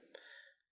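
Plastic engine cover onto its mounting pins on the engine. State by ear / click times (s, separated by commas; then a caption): seated / 0.1 s. A plastic engine cover on a Honda Civic is pressed down onto its mounting pins on the engine. A single short, sharp pop at 0.2 s is followed by a ringing tone that fades out by about 0.7 s. The cover seats into place.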